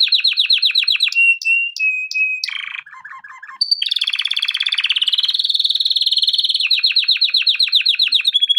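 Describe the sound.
Canary song of rapid pulsed trills, clear whistled notes, a low rattling passage, then a long bright rolling trill.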